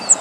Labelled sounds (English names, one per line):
Cape May Warbler flight call